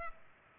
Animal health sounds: mosquito wingbeat signal from an infrared sensor; Culex pipiens

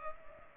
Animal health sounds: mosquito wingbeat signal from an infrared sensor; Culex pipiens

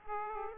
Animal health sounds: mosquito wingbeat signal from an infrared sensor; Aedes aegypti

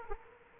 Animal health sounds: mosquito wingbeat signal from an infrared sensor; Culex quinquefasciatus

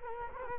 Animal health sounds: mosquito wingbeat signal from an infrared sensor; Culex quinquefasciatus

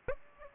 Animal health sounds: mosquito wingbeat signal from an infrared sensor; Aedes aegypti

